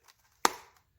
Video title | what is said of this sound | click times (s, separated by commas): Is Urban Carry a quality leather holster? | and it clicks right in um | 0.5 s